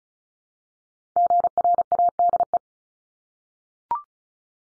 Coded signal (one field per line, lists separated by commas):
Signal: Morse code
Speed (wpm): 36 wpm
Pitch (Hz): 700 Hz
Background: none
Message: GRADE